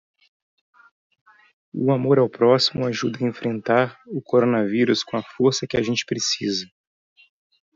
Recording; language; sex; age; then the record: spoken sentence; Brazilian Portuguese; male; 40 to 49 years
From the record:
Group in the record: control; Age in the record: 41 years